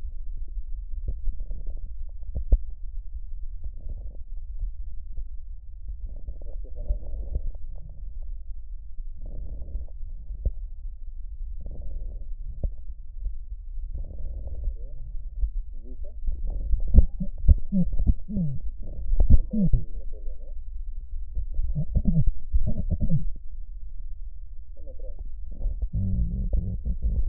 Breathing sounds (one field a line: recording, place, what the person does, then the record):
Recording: lung sounds by stethoscope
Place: right posterior basal chest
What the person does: quiet breathing, then cough and speech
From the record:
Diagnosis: COPD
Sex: female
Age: 72 years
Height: 156 cm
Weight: 72 kg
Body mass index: 29.6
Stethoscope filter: extended mode